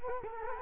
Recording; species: mosquito wingbeat signal from an infrared sensor; Culex quinquefasciatus